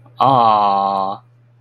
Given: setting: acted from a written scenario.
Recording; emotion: vocal sound without words; adoration